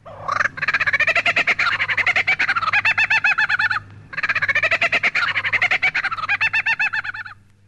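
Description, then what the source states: Superb Lyrebird mimicking laughing kookaburras: two long bursts of rapid, rolling, cackling laughter with chattering notes, separated by a brief pause. Male superb lyrebird in his forest home, imitating a group of laughing kookaburras.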